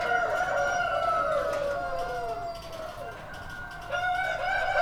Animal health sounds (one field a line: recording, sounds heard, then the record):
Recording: poultry house recording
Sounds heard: healthy chickens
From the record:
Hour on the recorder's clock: 2